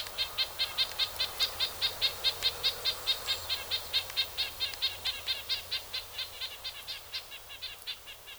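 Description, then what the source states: Red-breasted Nuthatch giving a long series of quick nasal tooting notes. Visiting the Ozarks from last fall through winter into spring; usually stays far north in spruce and fir forests.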